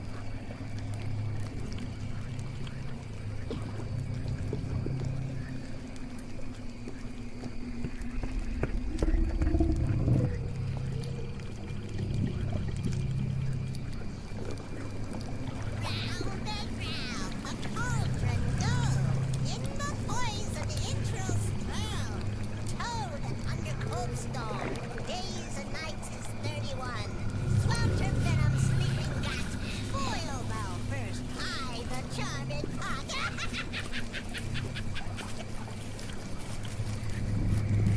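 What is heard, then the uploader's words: Swamp ambience: a steady low drone underneath, with dense chirps, croaks and clicks that grow busier and livelier from about fifteen seconds onward. Witch's swamp house asmr Ambience. Swamp ambience.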